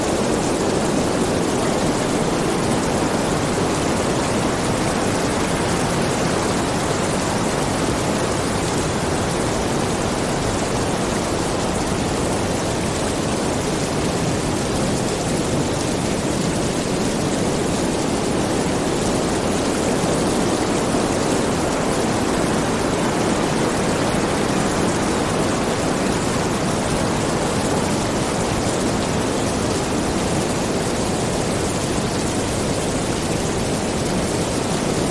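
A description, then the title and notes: Pink noise blends with rain in a dense, unbroken hiss that holds at one loudness for the whole stretch. The sound is full and even, weighted toward a soft low-middle rush, with a slow, gentle swell in brightness every ten to fifteen seconds. Pink Noise & Rain.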